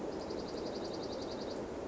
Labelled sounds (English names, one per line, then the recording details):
Dark-eyed Junco
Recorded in Sonoma County, California